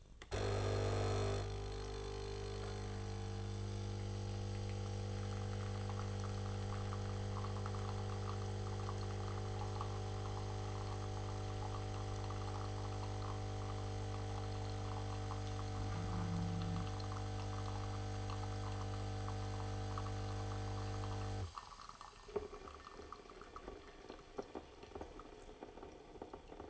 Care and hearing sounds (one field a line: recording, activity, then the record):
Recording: daily activity, microphone in the room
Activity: make coffee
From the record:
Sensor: 4